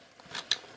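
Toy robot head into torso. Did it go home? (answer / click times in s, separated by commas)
yes / 0.5 s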